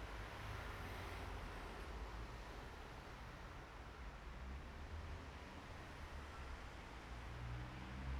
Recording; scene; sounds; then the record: everyday scene through a hearing-aid microphone; in traffic; traffic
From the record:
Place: bus stop on a city main road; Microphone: behind the ear, right, front